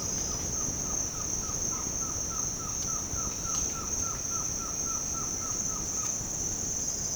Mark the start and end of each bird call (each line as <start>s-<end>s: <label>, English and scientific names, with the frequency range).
0.00s-6.14s: Green-backed Trogon (Trogon viridis) (0.4-2.1 kHz)